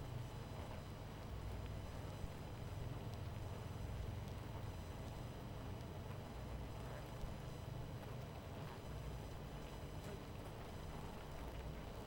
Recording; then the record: honeybee colony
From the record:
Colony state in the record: missing queen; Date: 14 July 2017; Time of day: 23:08